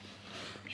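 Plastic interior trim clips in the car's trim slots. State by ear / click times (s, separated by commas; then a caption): released / 0.7 s. Fingers pull up a plastic interior trim piece in a Volkswagen Golf 7 R during installation of a Snow Performance water and methanol kit, so its clips release from their slots in the car's trim. A steady low hum and faint hiss run underneath until a short, sharp pop at 0.7 s as the trim clips come free.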